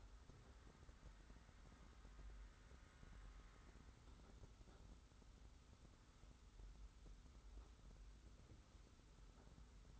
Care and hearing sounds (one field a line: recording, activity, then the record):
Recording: daily activity, microphone in the room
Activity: wipe stove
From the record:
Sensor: 3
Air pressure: 991.5 hPa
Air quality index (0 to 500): 150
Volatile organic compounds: 532 ppm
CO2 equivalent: 4860 ppm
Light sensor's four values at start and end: 50/136/55/49 and 50/137/56/49